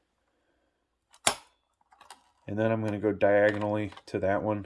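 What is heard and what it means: A plastic push pin on the stock CPU cooler for an i5-13400F is pressed down into its mounting hole on a Gigabyte B760M DS3H LGA 1700 motherboard and snaps in sharply at 1.3 s, seating it. A few faint ticks follow, then someone talks.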